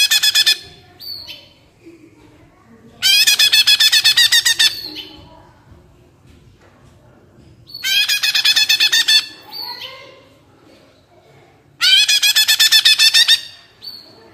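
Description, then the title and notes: Greater green leafbird delivering long, fast buzzy rattles of rapid pulses, each lasting over a second, repeated every few seconds with softer chatter between. Captive-bird training (master) recording; energetic 'gacor' song in the 'ngentrok' style with crest raised ('jambul nembak'). "Cucak Ijo Gacor Ngentrok Jambul Nembak. suara burung cucak ijo gacor, merdu cocok buat masteran burung cucak ijo"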